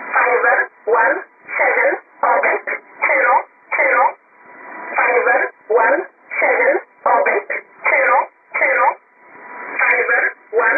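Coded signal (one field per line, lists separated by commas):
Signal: numbers station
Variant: E11 Oblique, English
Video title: 18 01 2018 E11 Oblique Numbers station in English to Eu 0645 on 7840 unknown tx site in USB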